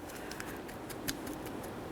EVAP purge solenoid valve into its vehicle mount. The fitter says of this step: we got it all the way in make sure it's locked give it a tug you definitely don't want this falling off while you're driving down the road